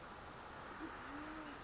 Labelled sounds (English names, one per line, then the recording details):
Band-tailed Pigeon
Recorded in Sonoma County, California